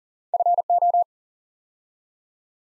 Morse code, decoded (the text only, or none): FO